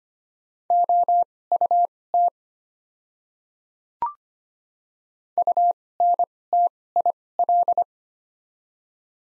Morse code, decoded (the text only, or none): OUT UNTIL